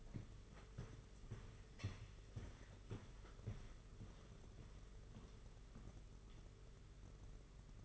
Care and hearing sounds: daily activity, microphone in the room; walk to room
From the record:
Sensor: 4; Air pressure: 992.0 hPa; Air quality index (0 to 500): 84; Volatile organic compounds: 6 ppm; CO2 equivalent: 1895 ppm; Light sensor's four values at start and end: 21/75/27/29 and 21/73/27/28

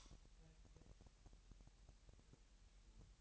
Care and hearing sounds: daily activity, microphone in the room; light on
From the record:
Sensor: 3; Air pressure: 1001.8 hPa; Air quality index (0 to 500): 249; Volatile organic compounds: 51 ppm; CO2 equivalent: 3314 ppm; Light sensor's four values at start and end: 5/13/5/5 and 12/33/13/12

